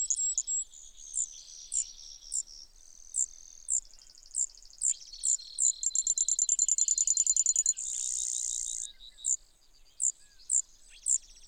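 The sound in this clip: Brewer's sparrow singing a string of high trills that change speed and pitch, including a fast rattling series and a dense buzz, followed by spaced sharp notes.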